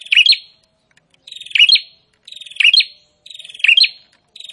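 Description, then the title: Prinia singing: four buzzy trills, each ending in sharp accented notes, about one per second. Prinia singing actively (gacor). "Prenjak gacor"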